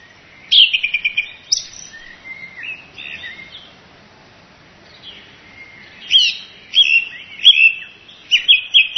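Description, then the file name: Song thrush song: a rapid note repeated several times, short whistled phrases, then more bursts of repeated notes. "zanglijster"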